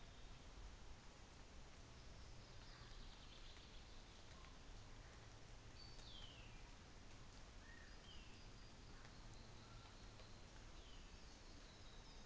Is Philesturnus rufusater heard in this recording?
no